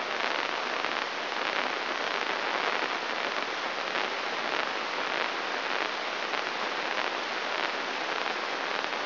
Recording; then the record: brain microelectrode recording played as sound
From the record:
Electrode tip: inside the subthalamic nucleus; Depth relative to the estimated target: -1 mm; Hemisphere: right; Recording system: AlphaMap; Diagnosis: Parkinson's disease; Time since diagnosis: 24 years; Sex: male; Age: 67 years